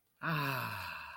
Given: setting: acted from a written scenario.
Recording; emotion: vocal sound without words; serenity